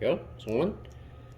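A second snap cap is being handled and pushed toward a .22 rifle magazine while someone talks over faint low background hum. Nothing has seated or clicked yet; the clip ends just before the snap cap goes home.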